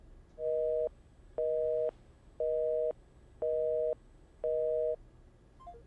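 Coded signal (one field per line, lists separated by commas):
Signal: telephone call progress tone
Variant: North America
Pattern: busy tone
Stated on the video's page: Tone in an improvised feature film built around a collect long-distance phone call.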